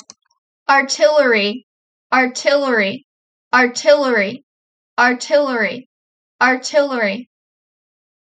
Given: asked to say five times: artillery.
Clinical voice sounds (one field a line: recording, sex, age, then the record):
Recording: repeated word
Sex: female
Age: 30 to 39 years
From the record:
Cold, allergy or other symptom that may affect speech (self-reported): no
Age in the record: 30 years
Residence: Pennsylvania, United States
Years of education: 16